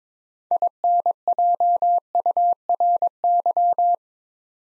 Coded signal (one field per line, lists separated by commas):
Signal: Morse code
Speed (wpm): 22 wpm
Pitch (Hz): 700 Hz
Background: none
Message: INJURY